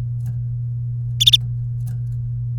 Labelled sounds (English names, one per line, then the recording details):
Domestic Canary song
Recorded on 3 May 2018 at 16:53
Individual llb3